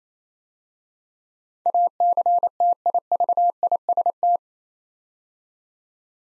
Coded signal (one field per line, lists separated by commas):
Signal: Morse code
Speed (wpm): 29 wpm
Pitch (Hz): 700 Hz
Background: none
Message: ACTIVIST